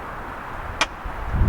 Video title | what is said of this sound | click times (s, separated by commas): Extremely rare Ferrari 360 with removable hard top sunroof. The Formula Review Episode 1 | snaps into place literally takes about as much time as taking out to put it back in | 0.8 s